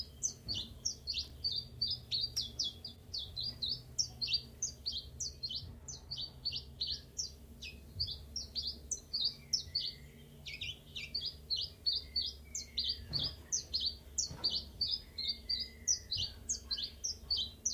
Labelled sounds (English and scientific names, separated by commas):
Common Chiffchaff (Phylloscopus collybita)